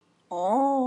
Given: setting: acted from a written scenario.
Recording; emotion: vocal sound without words; pain